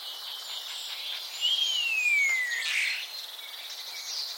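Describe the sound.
Common starling giving one clear whistle that holds briefly, then slides downward, over a hissing background.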